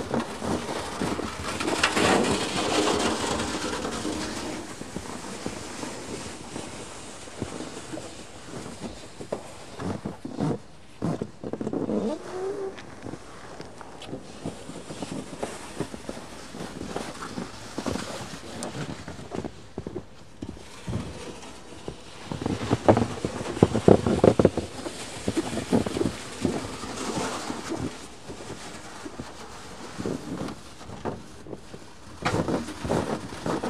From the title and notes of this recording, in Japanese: 湯治場ラジオ 雪下ろしASMR。村井六助さんでの雪下ろしの音を配信します。会話はありません。